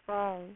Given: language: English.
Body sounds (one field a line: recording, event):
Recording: throat vibration sensor signal played as sound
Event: speech